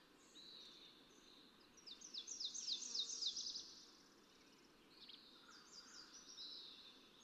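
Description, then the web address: Fox sparrow song, a quick, rhythmic series of bright notes that swell and fade, followed by softer sliding phrases against a faint, constant hiss. "birdsongforthecurious Fox Sparrow"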